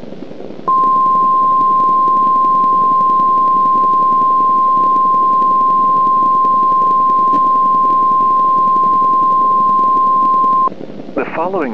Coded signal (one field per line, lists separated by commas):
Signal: Emergency Alert System (SAME) tones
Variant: 1050 Hz attention tone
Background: speech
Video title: Black Sunday Dust Storm (EAS Scenario)